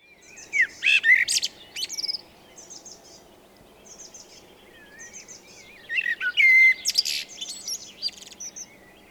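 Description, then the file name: Eurasian blackbird singing two warbled whistled phrases with high squeaky endings, separated by softer twittering. "Turdus merula"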